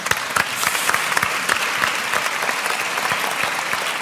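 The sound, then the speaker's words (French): A crowd applauds magician Raphaël Navarro as he joins the show, steadily for about four seconds, a dense wash of many hands clapping with sharp individual claps popping out, sustained at an even, fairly loud level. “Voilà, Raphaël Navarro, vous pouvez Bonsoir. L'applaudir.”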